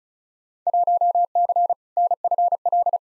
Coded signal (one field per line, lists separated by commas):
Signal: Morse code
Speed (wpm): 36 wpm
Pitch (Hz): 700 Hz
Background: none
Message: 1C NFL